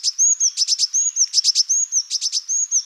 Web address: Parus caeruleus